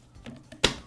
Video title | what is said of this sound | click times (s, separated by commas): Chainsaw Repair - Replacing the Chain (Poulan Part # 581562101) | I’m applying a little sideward pressure so it will snap into place when it finds that hole. | 0.7 s